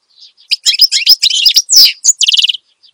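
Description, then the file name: Finch song, one short burst of rapid, squeaky chirps ending in a quick rattling trill. Finch described as singing energetically and continuously ('gacor dor'); the recording is meant for tutoring songbirds (masteran). "Suara Kicauan Burung Finch Gacor Dor Cocok Untuk Masteran"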